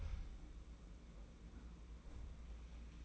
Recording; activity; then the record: daily activity, microphone in the room; close fridge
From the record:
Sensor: 1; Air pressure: 991.9 hPa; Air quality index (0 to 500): 206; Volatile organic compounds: 1000 ppm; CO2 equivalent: 7958 ppm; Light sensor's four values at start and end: 29/102/39/40 and 29/102/39/40